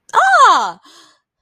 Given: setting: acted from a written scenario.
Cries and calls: vocal sound without words; positive surprise

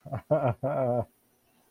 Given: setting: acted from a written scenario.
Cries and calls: vocal sound without words; positive surprise

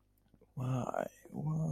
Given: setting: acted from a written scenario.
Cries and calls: vocal sound without words; guilt

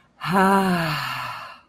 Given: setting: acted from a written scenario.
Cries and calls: vocal sound without words; pride

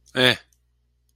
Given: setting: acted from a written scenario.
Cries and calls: vocal sound without words; neutral

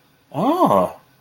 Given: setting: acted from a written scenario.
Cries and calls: vocal sound without words; interest

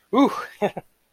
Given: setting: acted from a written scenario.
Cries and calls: vocal sound without words; ecstasy

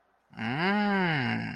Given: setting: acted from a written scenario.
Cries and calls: vocal sound without words; interest

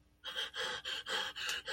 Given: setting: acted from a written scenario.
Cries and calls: vocal sound without words; fear

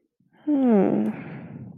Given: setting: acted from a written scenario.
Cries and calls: vocal sound without words; interest

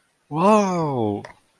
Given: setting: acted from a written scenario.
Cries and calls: vocal sound without words; elation

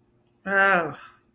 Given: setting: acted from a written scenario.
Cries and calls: vocal sound without words; guilt

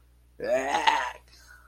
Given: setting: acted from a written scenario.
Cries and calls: vocal sound without words; disgust

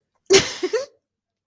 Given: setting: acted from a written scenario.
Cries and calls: vocal sound without words; amusement

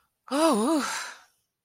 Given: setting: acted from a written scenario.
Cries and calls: vocal sound without words; relief

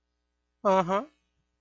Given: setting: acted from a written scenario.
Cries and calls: vocal sound without words; neutral

